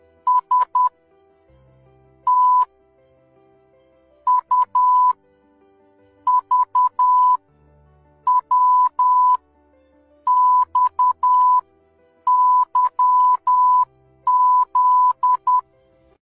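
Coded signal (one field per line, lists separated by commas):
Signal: Morse code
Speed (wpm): 10 wpm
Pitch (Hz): 1000 Hz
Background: music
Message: S T U V W XYZ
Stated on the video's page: Morse code sent by tapping out sounds, demonstrated by a safety equipment maker.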